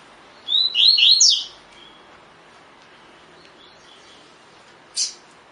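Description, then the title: Double-collared seedeater song: one short burst of bright, rapid whistled notes near the start, then quiet, with a single brief sharp note near the end. Song in the "tui tui" style; bird described as fibra (spirited). "COLEIRO DE GOLA TUI TUI FIBRA"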